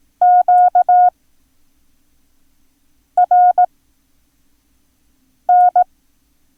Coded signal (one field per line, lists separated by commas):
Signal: Morse code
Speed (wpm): 18 wpm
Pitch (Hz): 720 Hz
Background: none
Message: QRN